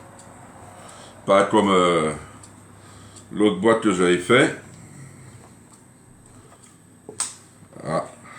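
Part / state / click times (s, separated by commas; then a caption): lid on a preserving jar / released / 7.2 s. A home-preserved jar of mandarins is opened, and its lid releases its seal with a sharp click at 7.2 seconds. Someone talks before the jar is opened and again briefly afterward. The seal is released.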